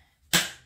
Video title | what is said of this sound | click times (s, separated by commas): March Produce Haul - Plus Live Q&A with Amy Cross | they totally you can hear it snap there | 0.3 s